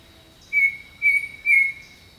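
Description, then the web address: Bird song: three bright whistled notes at an even pitch, about half a second apart, with a thin insect drone in the background. Jungle birdsong. "Echoes of Nature - Jungle Talk Jungle Birdsong"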